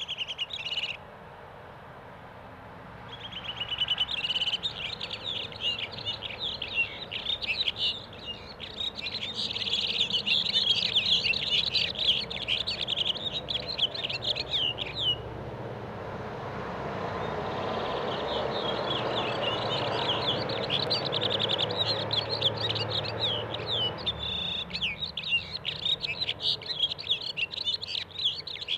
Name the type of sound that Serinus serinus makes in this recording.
song